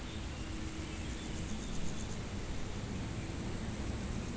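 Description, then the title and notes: High, even insect stridulation runs without pause over a steady low background rumble of wind and traffic. Insects stridulating in a dry meadow on a hot day near Chindrieux, France; wind rustles the leaves and motorbikes hum on the RD991 road. "348-862 Rue de Vars, 73310 Chindrieux, France - Prairie stridulante. Par une chaude journée , les insectes stridulent dans une prairie sèche"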